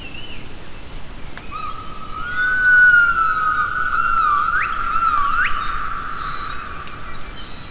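Gibbon call: a long, steady whistled note held for several seconds. Partway through it breaks into two sharp upward sweeps, over a faint background hiss.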